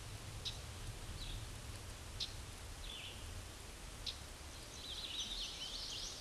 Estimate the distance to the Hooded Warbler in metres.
about 50 m